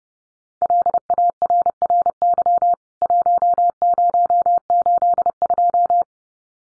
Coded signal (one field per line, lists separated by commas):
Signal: Morse code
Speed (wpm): 30 wpm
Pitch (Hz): 700 Hz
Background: none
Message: LARRY 1082